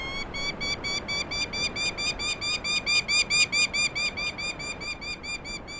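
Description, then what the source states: Prairie falcon calling: a rapid, harsh, evenly spaced series of nasal notes, about two per second, swelling louder midway, over a faint background hiss. Prairie falcons nesting on cliff faces of the Red Garden Wall, Fowler Trail, El Dorado Canyon State Park, Boulder County, laying eggs on flat, south-facing rock ledges.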